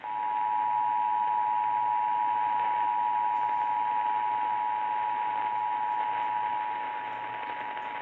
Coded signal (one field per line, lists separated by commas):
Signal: Emergency Alert System (SAME) tones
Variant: 853 and 960 Hz attention tone